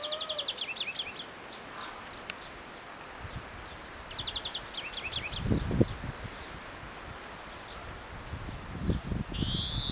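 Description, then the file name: European greenfinch uttering repeated fast trills of thin, high notes in separate bursts, with wind and occasional rustling underneath. "Chloris chloris"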